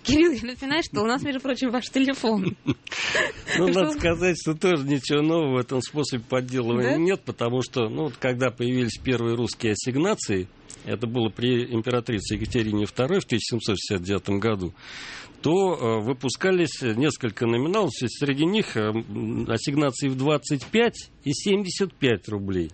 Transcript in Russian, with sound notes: Кирилл, вы знаете, что у нас, между прочим, ваш телефон.: (Хохочет)
Ну, что вам сказать? Что тоже ничего нового в этом способе подделывания нет, потому что, вот когда появились первые русские ассигнации, это было при императрице Екатерине Второй в 1769 году, то выпускались несколько номиналов, среди них ассигнации в 25 и 75 рублей.